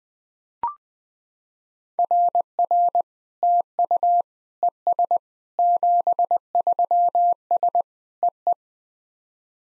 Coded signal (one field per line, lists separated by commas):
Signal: Morse code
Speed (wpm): 20 wpm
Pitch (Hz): 700 Hz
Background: none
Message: RR TU ES 73S EE